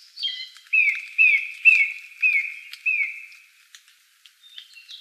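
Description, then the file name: Song thrush song: one whistled downslurred phrase repeated five times at an even pace, followed by soft scratchy notes. Recorded 12 June 2013. "12 06 2013 Singdrossel"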